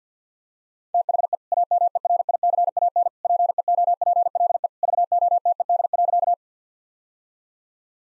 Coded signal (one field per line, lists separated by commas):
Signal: Morse code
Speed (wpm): 50 wpm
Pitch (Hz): 700 Hz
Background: none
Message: THE AMERICAN PEOPLE VOTED.